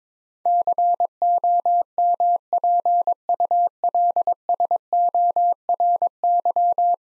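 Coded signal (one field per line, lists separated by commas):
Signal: Morse code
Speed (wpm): 22 wpm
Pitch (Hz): 700 Hz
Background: none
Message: COMPULSORY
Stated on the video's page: Ten-letter word head-copy practice at 22 wpm; each word sent, spoken, then sent again.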